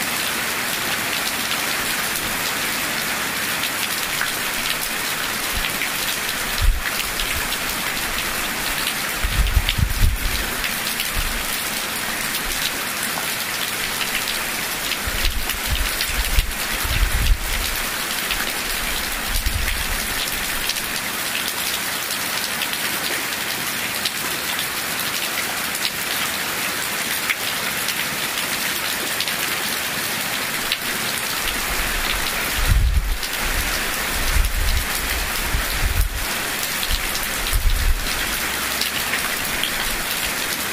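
Steady, dense rain patters, with occasional low rumbles and thumps around 10, 17 and 33–38 seconds.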